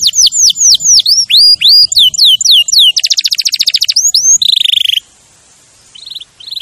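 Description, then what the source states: Canary with repeated downward-swooping whistles, then a rapid rolling trill and a harsh buzzy burst before a short pause and faint notes. Champion canary song used as a master recording for training other birds to sing.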